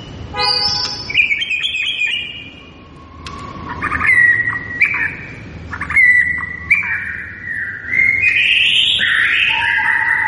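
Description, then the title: White-rumped shama song, loud and varied: rich whistled phrases, rising and falling slurs and brief chattery notes, with short pauses between phrases. Lure (pancingan) recording of a lively, vigorously singing (gacor) white-rumped shama, meant to make listening birds respond. "PANCINGAN MURAI BATU GACOR"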